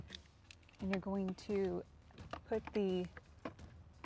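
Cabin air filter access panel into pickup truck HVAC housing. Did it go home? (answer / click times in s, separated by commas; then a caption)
yes / 3.5 s, 4.0 s. Someone talks while the plastic cabin air filter access panel behind the glove box of a Dodge Ram pickup is pressed back into the HVAC housing. Two sharp clicks are heard at 3.5 s and 4.0 s as the panel snaps shut and seats.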